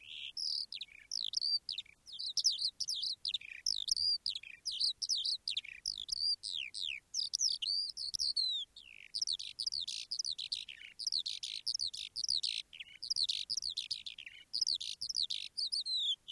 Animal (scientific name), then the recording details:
Alauda arvensis. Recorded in the wild. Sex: male. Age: adult. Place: Erlangen, OT Schallershof, Bayern, DE. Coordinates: 49.5792, 10.9736. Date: 1962-05-13. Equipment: Stellavox SM 5, Vorverstärker, Original, Vollspur. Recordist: Tretzel, Erwin